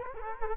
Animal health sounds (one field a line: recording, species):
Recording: mosquito wingbeat signal from an infrared sensor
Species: Culex quinquefasciatus